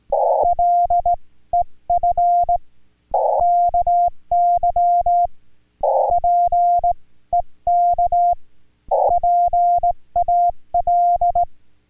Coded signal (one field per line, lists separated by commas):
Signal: Morse code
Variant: Korean alphabet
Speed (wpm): 18 wpm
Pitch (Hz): 700 Hz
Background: none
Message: 간 에 장 족